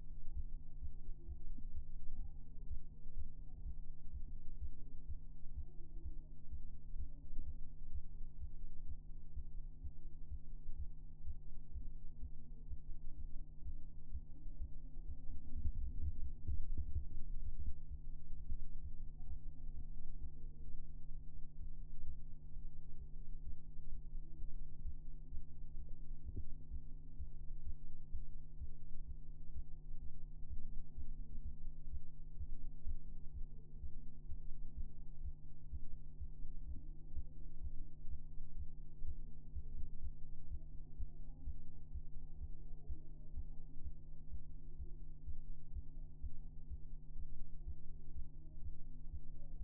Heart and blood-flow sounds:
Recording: fetal heart sounds by stethoscope on the mother's abdomen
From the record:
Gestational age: 33 weeks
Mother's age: 21 years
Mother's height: 151 cm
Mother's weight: 51 kg

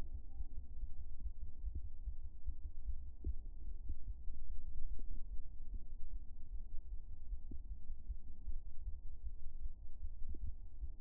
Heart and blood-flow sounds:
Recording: fetal heart sounds by stethoscope on the mother's abdomen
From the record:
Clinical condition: hypothyroid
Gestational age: 35 weeks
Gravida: 2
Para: 1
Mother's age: 21 years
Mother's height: 151 cm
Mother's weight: 71 kg

